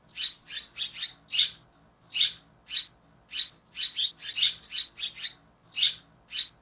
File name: Canto da andorinha daurica